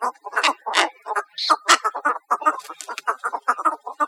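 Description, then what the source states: Cattle Egrets giving harsh, croaking calls in a dense overlapping chorus, short rough notes tumbling over one another with barely a pause. Recorded in Costa Rica on 4 August 2008.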